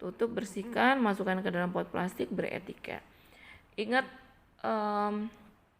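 In pharmacy compounding, a hard gelatin capsule shell filled with divided powder is being handled, with its cap about to be pushed onto the body until it locks. Someone talks throughout, with pauses of quiet. Nothing has seated or clicked yet.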